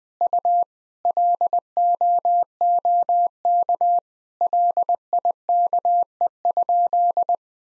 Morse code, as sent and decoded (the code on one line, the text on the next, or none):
..- / .-.. --- --- -.- / .-.. .. -.- . ..--..
U LOOK LIKE?